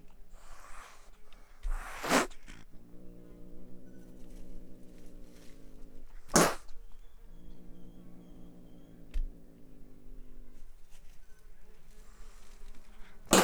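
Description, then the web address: Wildcat spitting and growling: three sharp explosive spits about four to seven seconds apart, with a low, buzzing, rumbling growl between them. Captive wildcat at a zoo, recorded in 2009, dry spitting and hissing. "miskolcizoo 2009 standardt vadmacska szarazatkop esfuj"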